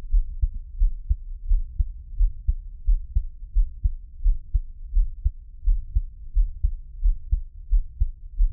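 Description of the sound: Deep, muffled thumps repeat steadily at about 87 beats a minute, each beat a low paired thud with a regular rhythm. It is a close-up of a person's own heartbeat, offered as ASMR, with no talking and a faint low hum underneath.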